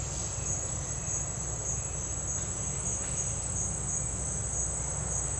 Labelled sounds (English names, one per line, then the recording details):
none
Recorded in dense forest near Puerto Asís, Putumayo, Colombia, on 20 December 2024 at 10:30
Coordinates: 0.468, -76.322
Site G071